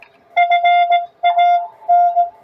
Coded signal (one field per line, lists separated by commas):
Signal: Morse code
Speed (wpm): 17 wpm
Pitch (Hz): 700 Hz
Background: none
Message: FAN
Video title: A Complete Homebrew QRP, CW HF Station